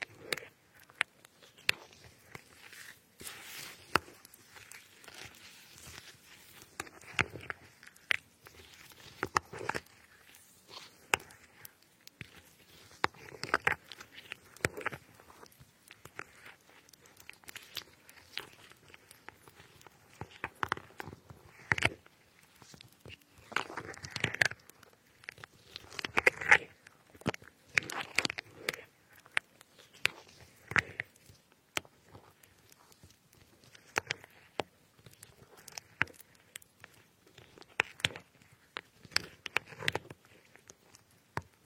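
Strawberries and other fruit are cut, with crisp knife taps and soft squelchy slices coming in an uneven, fairly quick run for the whole stretch. Some strokes land sharper and louder, clustering around the middle, while the gaps between them stay quiet.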